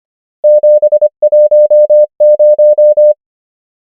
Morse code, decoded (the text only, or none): 7 1 0